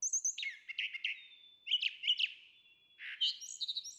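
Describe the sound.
Brown Thrasher song: varied short phrases of harsh chips and whistled notes, each phrase delivered in quick bursts with brief pauses between them.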